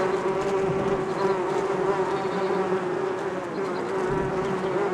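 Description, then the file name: Bees humming in a steady, unbroken drone with a constant low tone throughout and no other clear sounds. "benboncan bees"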